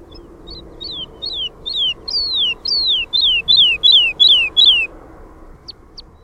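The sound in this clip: Woodlark song as a slow series of about a dozen clear, sweet notes, each sliding downward, followed by two brief high chips.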